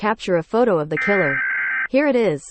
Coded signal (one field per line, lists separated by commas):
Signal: Emergency Alert System (SAME) tones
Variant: header bursts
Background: speech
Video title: Eas Sanrio-melon playground- Mark Cliff